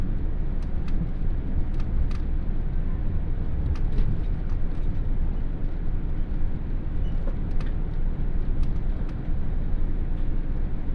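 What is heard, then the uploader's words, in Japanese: A steady low rumble fills the inside of an express train on the move, dense and constant with no pauses. Faint, brief clicks and ticks sound every second or so, likely wheels over rail joints and small rattles in the cabin. 室蘭本線 特急北斗16号 洞爺→長万部。やってきたのは281系編成の北斗16号。意外と空いています。徐々に日も暮れていきます。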